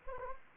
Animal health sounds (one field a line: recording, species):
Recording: mosquito wingbeat signal from an infrared sensor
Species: Anopheles arabiensis